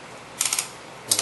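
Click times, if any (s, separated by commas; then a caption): 0.4 s, 0.5 s, 0.6 s, 1.1 s, 1.2 s. A plastic oil filler cap is screwed back onto the valve cover of a Kia Soul engine until its ratchet clicks, showing it is tight. Quick ratchet clicks come at 0.4, 0.5, 0.5 and 0.6 seconds, then two more at 1.1 and 1.2 seconds, with quiet between. The cap is confirmed tight.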